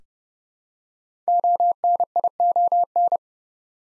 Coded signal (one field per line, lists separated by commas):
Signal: Morse code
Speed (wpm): 30 wpm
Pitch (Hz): 700 Hz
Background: none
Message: ONION